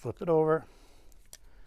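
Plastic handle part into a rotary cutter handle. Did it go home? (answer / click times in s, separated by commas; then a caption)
yes / 1.3 s. Someone talks, then flips a plastic handle part over and presses it into the handle of a Quilters Select 45mm/60mm rotary cutter. A faint tick at about 1.1 s is followed by a sharp, brief click at 1.3 s as the part snaps into place and is seated.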